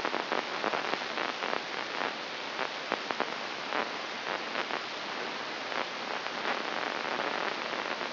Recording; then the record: brain microelectrode recording played as sound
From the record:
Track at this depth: inside the subthalamic nucleus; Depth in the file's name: 3.94 mm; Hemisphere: right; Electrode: 3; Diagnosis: Parkinson's disease